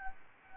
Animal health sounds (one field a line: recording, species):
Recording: mosquito wingbeat signal from an infrared sensor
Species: Anopheles gambiae